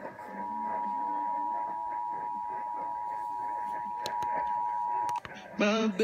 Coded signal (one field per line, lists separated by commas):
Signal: Emergency Alert System (SAME) tones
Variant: 853 and 960 Hz attention tone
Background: speech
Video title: NJ Required Monthly Test (6/19/19)